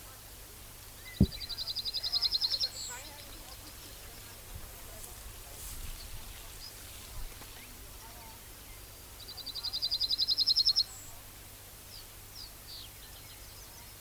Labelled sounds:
Yellowhammer (Emberiza citrinella) song
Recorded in the wild
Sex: male
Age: adult
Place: Köppchensee (Fließtal), NSG Fließtal, Berlin, DE
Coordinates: 52.6231, 13.3747
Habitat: willow
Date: 1996-07-14 12:48
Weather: slightly overcast, 22°C
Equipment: Sony MD-WM MZ-R3, Sennheiser MKH 416 T, Kopie Uher 4000 Report Monitor
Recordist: Tembrock, Günter

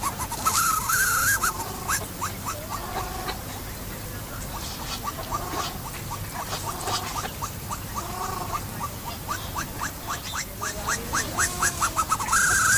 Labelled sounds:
Andean Goose (Chloephaga melanoptera) call
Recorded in captivity
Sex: male
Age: adult
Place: Zoo Berlin, Berlin, DE
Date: 2008-08-12 14:42
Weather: overcast, ca. 23°C
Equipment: Sony WM-D6C, Sennheiser ME 80, Kopie Uher 4000 Report Monitor
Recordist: Tembrock, Günter

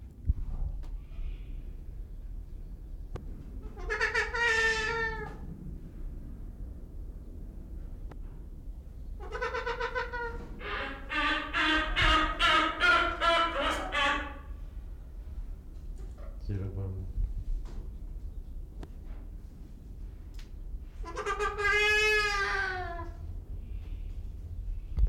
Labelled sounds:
Trumpeter Hornbill (Bycanistes bucinator)
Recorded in captivity
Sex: male
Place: Zoo Berlin, Berlin, DE
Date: 1995-01-14 11:19
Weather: heiter bis wolkig, -1°C
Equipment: Marantz CP 430, Sennheiser ME 80, Kopie Uher Variocord 263
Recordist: Tembrock, Günter

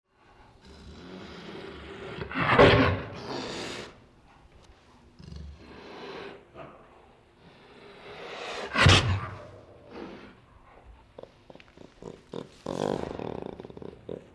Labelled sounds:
Jaguar (Panthera onca)
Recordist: Tembrock, Günter

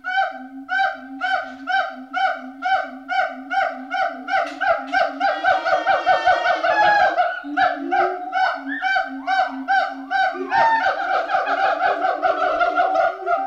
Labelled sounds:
Pileated Gibbon (Hylobates pileatus)
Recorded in captivity
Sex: pair
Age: adult
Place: Zoo Berlin, Berlin, DE
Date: 1988-07-23 10:12
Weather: sonnig, 21-30°C
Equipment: 19 cm Stereo
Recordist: Tembrock, Günter

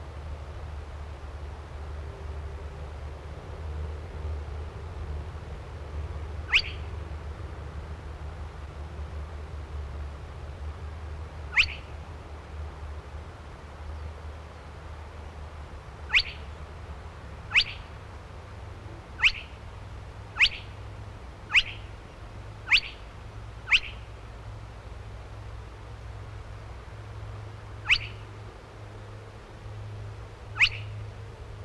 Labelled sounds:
Spotted Crake (Porzana porzana) song
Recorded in the wild
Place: Marburg, Hessen, DE
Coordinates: 50.8089, 8.7725
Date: 1964-06-08 22:00
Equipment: Uher Report 4000, AKG D190
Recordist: Krey, Winfried

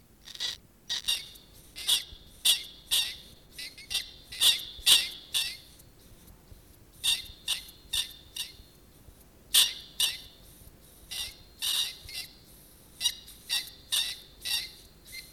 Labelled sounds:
Brown Rat (Rattus norvegicus) defence call
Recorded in captivity
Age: adult
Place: Zoologisches Institut der HUB, Berlin, DE
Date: 1969-03-22 17:00
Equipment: 19 cm, Studioanlage in Schallkammer
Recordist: Tembrock, Günter

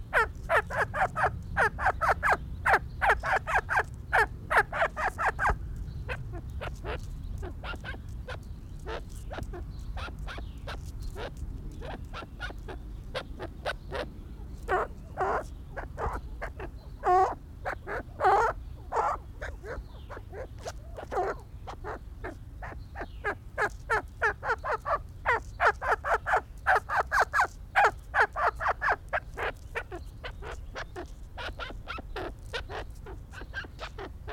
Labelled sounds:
Arabian Partridge (Alectoris melanocephala) call
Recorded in captivity
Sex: pair
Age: adult
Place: Tierpark Berlin, Berlin, DE
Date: 1994-06-18 11:49
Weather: bedeckt, 12-15°C, dann Regen
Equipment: Marantz CP 430, Sennheiser ME 80, Kopie Uher Variocord 263
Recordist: Tembrock, Günter

